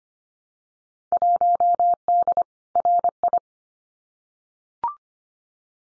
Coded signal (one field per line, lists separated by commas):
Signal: Morse code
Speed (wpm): 25 wpm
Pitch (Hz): 700 Hz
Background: none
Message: 1D RI